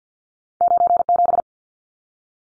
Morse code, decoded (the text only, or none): 97